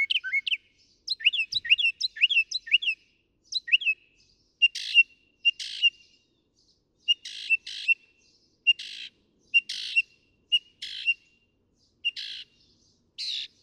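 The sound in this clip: Northern mockingbird song: a quick jumble of chirps gives way to repeated harsh, buzzy notes alternating with short clear whistles, each phrase type repeated in turn.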